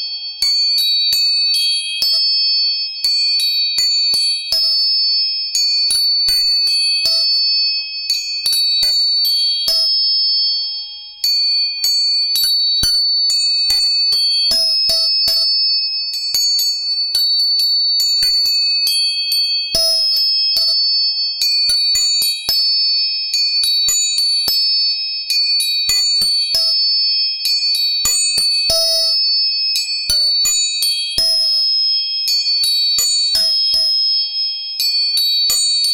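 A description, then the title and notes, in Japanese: Tuning forks are struck again and again, leaving bright, pure ringing tones that hang steadily in the high range. Sharp metallic taps land every second or so throughout, close and loud, with brief clusters of quicker strikes and nothing low underneath. 音叉チューニング全体性。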